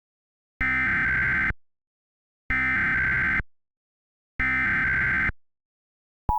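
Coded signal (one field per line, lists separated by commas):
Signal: Emergency Alert System (SAME) tones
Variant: header bursts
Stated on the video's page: Mock EAS recreation of an Arkansas Required Monthly Test with valid tones.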